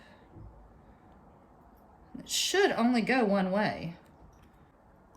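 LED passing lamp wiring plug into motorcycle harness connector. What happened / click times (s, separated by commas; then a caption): Connector handled but not yet seated; no click is heard / none. Someone handles the keyed plastic wiring connector for the LED passing lamps, lining it up with the matching harness connector on a Road King Classic motorcycle, which only fits one way. Faint handling noise is followed by someone talking from about 2.2 to 3.9 s. The connector has not clicked into place yet.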